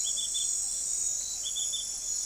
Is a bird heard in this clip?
no